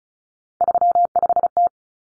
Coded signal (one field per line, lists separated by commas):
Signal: Morse code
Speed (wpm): 34 wpm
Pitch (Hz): 700 Hz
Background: none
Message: 35T